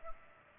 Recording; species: mosquito wingbeat signal from an infrared sensor; Culex pipiens